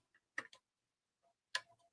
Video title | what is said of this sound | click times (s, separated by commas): Rick's undertray hack | There it is. Click. | 1.6 s